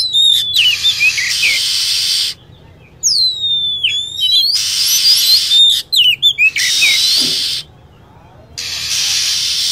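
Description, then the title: Lovebird, a long high whistle gliding downward plus clusters of sharp chirps, between broad hissing noise bursts. Lure sound used to attract lovebirds. "PIKAT BURUNG LOVEBIRD"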